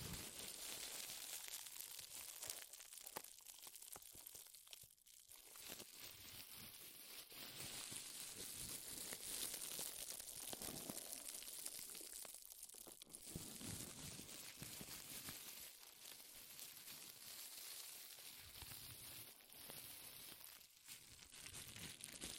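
Powerful crinkling runs almost without pause for the whole stretch, a dense, bright crackle of crumpling material. The texture shifts constantly, with brief thinner moments around five, twelve and twenty seconds and heavier crunching bursts in between.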